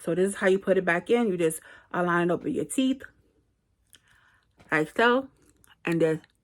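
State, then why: Not seated. A clear plastic dental aligner tray is lined up with the teeth while someone talks, with a brief faint sound at about 4.0 s between phrases. The tray is handled but has not seated or clicked yet.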